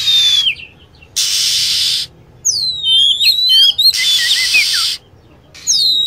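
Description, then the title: Lovebird chirps: high falling whistles and a rapid run of twittering notes, separated by bursts of steady hissing. Lure sound for attracting lovebirds. "PIKAT BURUNG LOVEBIRD"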